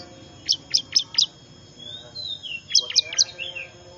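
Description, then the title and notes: Bar-winged prinia giving two short groups of four and three sharp, high chips, with thin whistled notes in between. Lure call said to be most effective at attracting wild small birds (burcil ribut); Indonesian name ciblek. "Suara Pikat Burcil Ribut Ngabisin Burung Liar Ini. ciblek"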